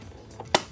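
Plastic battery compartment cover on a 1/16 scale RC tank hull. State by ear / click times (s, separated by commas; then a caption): seated / 0.6 s. A plastic battery compartment cover on a 1/16 scale Heng Long German Tiger 1 S33 RC tank hull is dropped back in after a LiPo battery is fitted. It makes a faint tap at 0.4 s and then a sharp snap at 0.5 s. The cover locks into place.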